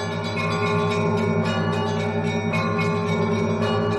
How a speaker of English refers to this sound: Thousands of churches peal out in a chorus of bells.